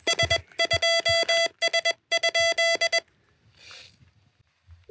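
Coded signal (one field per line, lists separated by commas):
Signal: Morse code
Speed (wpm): 22 wpm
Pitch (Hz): 670 Hz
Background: none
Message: S2S?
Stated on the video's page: SOTA summit activation on 10m using a newly-built Rockmite transceiver at 100 mW, with a paddle.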